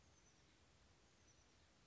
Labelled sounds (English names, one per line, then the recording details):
Oak Titmouse
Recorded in Sonoma County, California